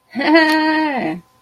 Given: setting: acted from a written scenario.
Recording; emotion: vocal sound without words; interest